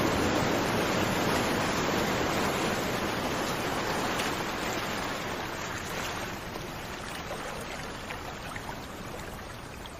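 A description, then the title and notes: Ocean waves roll in as a dense, steady wash of rushing water, filling the low and middle range with a rough, churning hiss. The sound is loudest at the start and slowly eases over the ten seconds as the surge draws back, without distinct breaking crashes. Ocean waves rolling into a misty beach surrounded by high cliffs. Natural sounds of the ocean.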